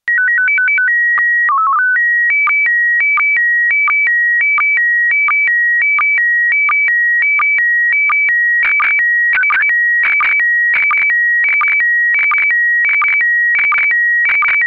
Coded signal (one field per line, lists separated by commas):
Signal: SSTV (slow-scan television)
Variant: PD 90